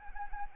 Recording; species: mosquito wingbeat signal from an infrared sensor; Anopheles arabiensis